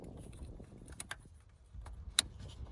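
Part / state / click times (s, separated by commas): wiring harness connector into LED headlight bulb / seated / 2.2 s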